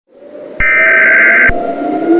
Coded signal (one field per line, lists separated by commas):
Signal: Emergency Alert System (SAME) tones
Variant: header bursts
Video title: An Special EAS Scenario: Sarah The Killer